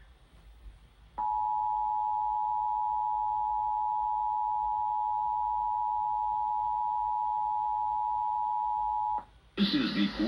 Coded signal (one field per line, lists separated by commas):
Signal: Emergency Alert System (SAME) tones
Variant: 853 and 960 Hz attention tone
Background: speech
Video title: The Slow Return of KQED-TV... (San Francisco Bay Area EAS Test from 11/14/23) (EAS #1,227-1,228)